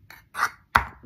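A window blind headrail is released from a ceiling-mounted snap bracket by lifting the bracket's protruding release tab. A faint tick near 0.1 s is followed by a brief scraping rub around 0.4 s. The headrail pops out of the bracket with a sharp snap at 0.8 s, coming out easily.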